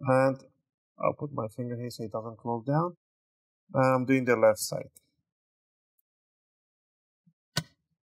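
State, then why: Released. Someone talks while an opening tool is twisted between the plastic palm rest and the bottom cover on the left side of an HP Pavilion x360 13-u108 laptop to unhook the retaining clips. After the talking stops, a single sharp click sounds at 7.6 s as the palm rest clips pop free from the bottom cover.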